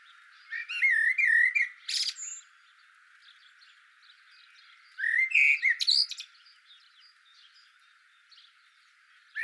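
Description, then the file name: Common blackbird singing two fluty, warbling phrases with thin, high chattering ends, a quiet gap of a few seconds between them. "Turdus merula"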